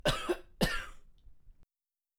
Man Coughing.